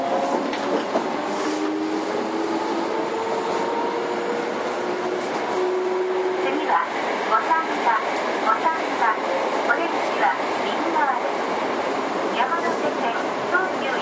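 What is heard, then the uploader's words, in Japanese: A Toei 5300 series train runs between Oshiage and Gotanda, with a steady, dense rumble throughout. Through the first half, mid-pitched motor tones hum and slowly shift, then fade around seven seconds. After that, sharp clicks and rattles come irregularly over the continuous roar. 都営5300形 押上ー五反田。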